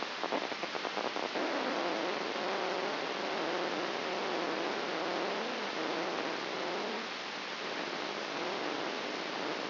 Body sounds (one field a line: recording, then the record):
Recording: brain microelectrode recording played as sound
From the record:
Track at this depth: inside the subthalamic nucleus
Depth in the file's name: 4.03 mm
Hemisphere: left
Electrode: 2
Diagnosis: Parkinson's disease